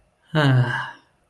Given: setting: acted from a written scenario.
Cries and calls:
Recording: vocal sound without words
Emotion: romantic love

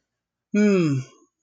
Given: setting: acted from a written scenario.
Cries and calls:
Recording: vocal sound without words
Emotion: pride

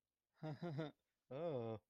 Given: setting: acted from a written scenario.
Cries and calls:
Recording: vocal sound without words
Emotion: romantic love

